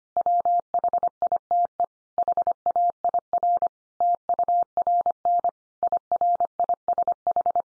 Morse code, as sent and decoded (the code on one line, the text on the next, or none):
.-- .... .. - . / .... .- .. .-. / - ..- .-. -. / .. .-. .. ... ....
WHITE HAIR TURN IRISH